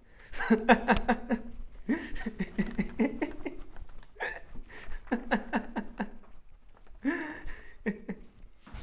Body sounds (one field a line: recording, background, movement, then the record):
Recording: laughter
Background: quiet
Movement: sitting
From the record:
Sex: male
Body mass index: 21.0 kg/m2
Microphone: on the chest, facing outward